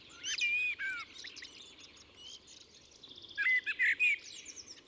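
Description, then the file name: Common blackbird giving two song phrases of whistled and squeaky notes. "Turdus merula"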